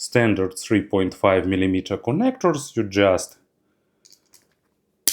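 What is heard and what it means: A 3.5 mm cable connector is pushed into the socket on a SIVGA Peng closed-back headphone ear cup. Someone talks for the first few seconds, then a few faint ticks follow around 4.1 s. A sharp, loud click at 5.1 s marks the plug seating firmly.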